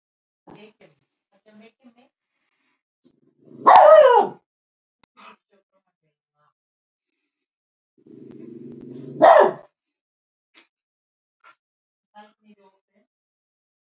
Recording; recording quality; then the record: shallow breathing; poor, much background noise or distortion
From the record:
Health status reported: healthy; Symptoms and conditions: diabetes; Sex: male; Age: 54 years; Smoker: not ticked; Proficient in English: yes